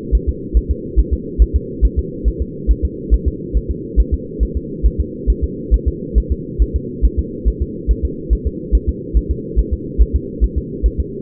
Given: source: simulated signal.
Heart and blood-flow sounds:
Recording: fetal heart sounds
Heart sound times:
0.15 s: S1
0.29 s: S2
0.57 s: S1
0.71 s: S2
0.99 s: S1
1.13 s: S2
1.42 s: S1
1.56 s: S2
1.85 s: S1
1.99 s: S2
2.28 s: S1
2.42 s: S2
2.71 s: S1
2.85 s: S2
3.14 s: S1
3.28 s: S2
3.57 s: S1
3.71 s: S2
4.00 s: S1
4.14 s: S2
4.43 s: S1
4.57 s: S2
4.86 s: S1
5.00 s: S2
5.30 s: S1
5.44 s: S2
5.74 s: S1
5.88 s: S2
6.18 s: S1
6.32 s: S2
6.62 s: S1
6.76 s: S2
7.05 s: S1
7.19 s: S2
7.48 s: S1
7.62 s: S2
7.91 s: S1
8.05 s: S2
8.33 s: S1
8.47 s: S2
8.75 s: S1
8.89 s: S2
9.17 s: S1
9.31 s: S2
9.59 s: S1
9.73 s: S2
10.02 s: S1
10.16 s: S2
10.44 s: S1
10.58 s: S2
10.86 s: S1
11.00 s: S2
From the record:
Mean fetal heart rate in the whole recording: 140 bpm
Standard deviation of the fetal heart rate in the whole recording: 2 bpm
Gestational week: 34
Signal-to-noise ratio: -4.1 dB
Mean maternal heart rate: no maternal heart sound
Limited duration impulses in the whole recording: absent

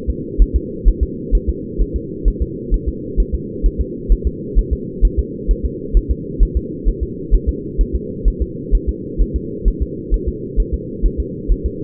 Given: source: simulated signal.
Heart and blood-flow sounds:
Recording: fetal heart sounds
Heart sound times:
0.10 s: S2
0.42 s: S1
0.56 s: S2
0.88 s: S1
1.03 s: S2
1.35 s: S1
1.50 s: S2
1.81 s: S1
1.96 s: S2
2.28 s: S1
2.42 s: S2
2.74 s: S1
2.89 s: S2
3.20 s: S1
3.35 s: S2
3.66 s: S1
3.81 s: S2
4.12 s: S1
4.27 s: S2
4.59 s: S1
4.73 s: S2
5.05 s: S1
5.19 s: S2
5.51 s: S1
5.65 s: S2
5.97 s: S1
6.11 s: S2
6.43 s: S1
6.57 s: S2
6.88 s: S1
7.03 s: S2
7.34 s: S1
7.49 s: S2
7.81 s: S1
7.96 s: S2
8.28 s: S1
8.42 s: S2
8.75 s: S1
8.89 s: S2
9.22 s: S1
9.36 s: S2
9.68 s: S1
9.82 s: S2
10.14 s: S1
10.28 s: S2
10.60 s: S1
10.74 s: S2
11.06 s: S1
11.20 s: S2
11.52 s: S1
11.66 s: S2
From the record:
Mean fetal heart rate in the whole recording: 130 bpm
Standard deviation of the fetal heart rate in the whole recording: 2 bpm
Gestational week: 36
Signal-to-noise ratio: -4.1 dB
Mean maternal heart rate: no maternal heart sound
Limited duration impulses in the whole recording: absent

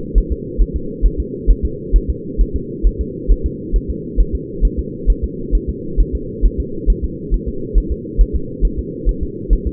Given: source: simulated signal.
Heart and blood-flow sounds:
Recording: fetal heart sounds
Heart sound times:
0.18 s: S1
0.32 s: S2
0.61 s: S1
0.76 s: S2
1.06 s: S1
1.20 s: S2
1.50 s: S1
1.65 s: S2
1.96 s: S1
2.10 s: S2
2.41 s: S1
2.56 s: S2
2.87 s: S1
3.01 s: S2
3.31 s: S1
3.46 s: S2
3.76 s: S1
3.90 s: S2
4.20 s: S1
4.35 s: S2
4.65 s: S1
4.79 s: S2
5.10 s: S1
5.24 s: S2
5.55 s: S1
5.70 s: S2
6.01 s: S1
6.15 s: S2
6.45 s: S1
6.60 s: S2
6.90 s: S1
7.04 s: S2
7.34 s: S1
7.48 s: S2
7.78 s: S1
7.92 s: S2
8.21 s: S1
8.36 s: S2
8.65 s: S1
8.79 s: S2
9.09 s: S1
9.23 s: S2
9.53 s: S1
9.67 s: S2
From the record:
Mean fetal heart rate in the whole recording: 135 bpm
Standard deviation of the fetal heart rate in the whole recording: 3 bpm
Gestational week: 36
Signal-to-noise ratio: -4.3 dB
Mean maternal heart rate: 72 bpm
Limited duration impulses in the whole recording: absent

